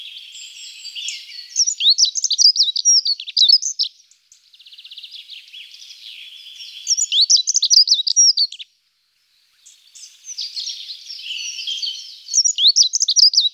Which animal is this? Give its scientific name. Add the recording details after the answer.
Prunella modularis. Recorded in the wild. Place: St. Peter, Hochschwarzwald / Potsdamer Platz, Baden-Württemberg, DE. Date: 1993-04-09. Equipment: Dat-Recorder Casio DA 7, Telinga DAT, Telinga-Parabolspiegel. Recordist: Schwarz, Dieter. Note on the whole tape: Song